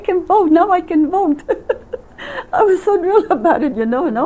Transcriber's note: laughing